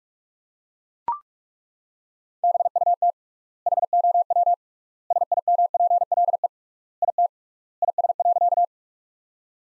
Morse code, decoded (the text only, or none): BUT HOW SIMPLE IT IS.